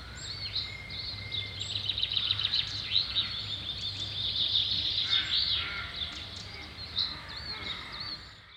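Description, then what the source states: Birds twittering: dense high chirps, whistles and trills that swell midway, with a continuous low hum beneath. Birds recorded at Samye Ling.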